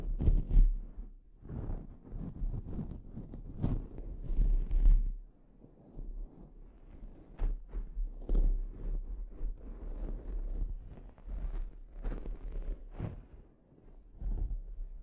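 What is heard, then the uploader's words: Scalp treatment sounds: irregular rubbing and scratching strokes with a heavy low rumble underneath. The first five seconds are busier and louder, with sharp crackly touches near 4 and 8 seconds, then softer brushing continues. ASMR Sleep Inducing Scalp Treatment (No Talking).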